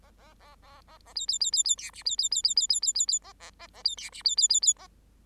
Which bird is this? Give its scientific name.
Lonchura striata domestica